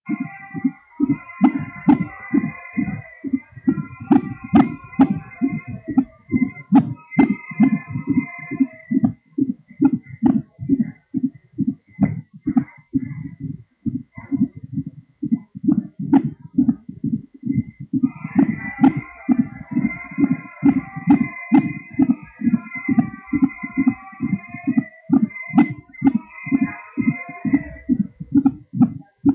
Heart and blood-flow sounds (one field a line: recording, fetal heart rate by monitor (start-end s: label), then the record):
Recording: fetal heart sounds by stethoscope on the mother's abdomen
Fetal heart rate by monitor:
0.00-10.00 s: 138 bpm
10.00-20.00 s: 132 bpm
20.00-29.35 s: 131 bpm
From the record:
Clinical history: preeclampsia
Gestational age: 39 weeks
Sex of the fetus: boy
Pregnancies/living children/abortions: 4/1/2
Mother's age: 37 years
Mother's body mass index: 25.5